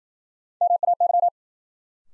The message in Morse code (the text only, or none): MAY